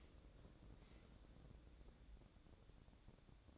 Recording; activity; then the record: daily activity, microphone in the room; open dishwasher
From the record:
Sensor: 3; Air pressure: 1012.3 hPa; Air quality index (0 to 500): 165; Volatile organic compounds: 2 ppm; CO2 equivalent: 1264 ppm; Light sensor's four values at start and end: 571/1407/582/585 and 567/1397/577/580